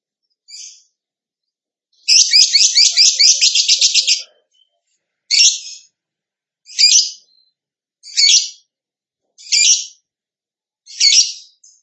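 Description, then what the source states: Bird song with a long buzzy, rapidly pulsed trill, then short high rasping bursts at steady intervals of about one and a half seconds. Master recording for training cage birds; lively (gacor) singer in the tembakan style.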